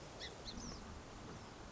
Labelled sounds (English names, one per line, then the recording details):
Song Sparrow
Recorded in Sonoma County, California